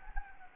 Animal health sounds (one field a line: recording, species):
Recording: mosquito wingbeat signal from an infrared sensor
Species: Anopheles gambiae